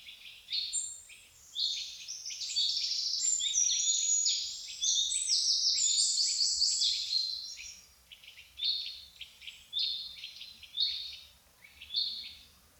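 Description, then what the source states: Birds chirping, sparse high notes at first, then a thick overlapping chorus, easing back into spaced chirps. Birds singing in a forest in the morning.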